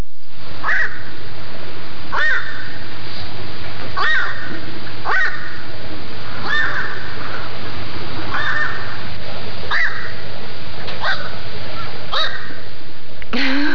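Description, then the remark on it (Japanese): Black-crowned night heron (goisagi, once called yogarasu, 'night crow') calls: a dozen or so harsh, crow-like 'kwaa' squawks, short and clipped, repeated at a steady, unhurried pace over a low, constant background hum. “あのまあ、カラスは、まあ、一般的にはね、カーカーとかって言われますけど、ゴイサギの声はカーカーというよりもクワーとかですね。”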